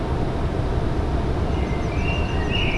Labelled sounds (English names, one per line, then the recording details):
Eurasian Blue Tit
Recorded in Germany
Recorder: ecoPi